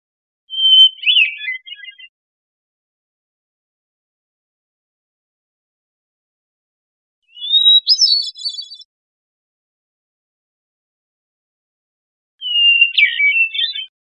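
Hermit thrush singing three fluted phrases about six seconds apart. Each starts on a pure held whistle, then spills into a shimmering, jumbled cascade.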